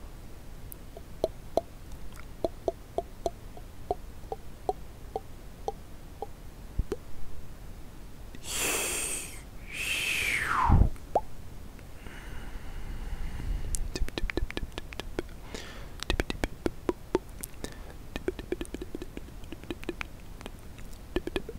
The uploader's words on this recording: ASMR The MOST Accurate MOUTH Sounds ($1 Mic VS $200 Mic).